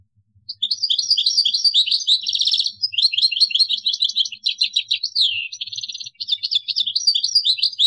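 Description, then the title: European goldfinch song: a near-continuous stream of quick, sweet twitters, rolling trills and slurred notes lasting several seconds, with only brief gaps. "Chant Chardonneret"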